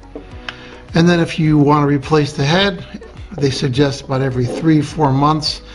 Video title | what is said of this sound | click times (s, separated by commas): MANSCAPED The Tool Box 4.0 : The Lawn Mower, The Weed Whacker, The Plow, The Shears, The Shed REVIEW | this counterclockwise and it comes out. You hear a snap there. | 0.5 s